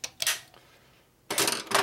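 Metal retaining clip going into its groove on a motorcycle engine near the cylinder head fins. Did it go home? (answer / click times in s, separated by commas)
no / none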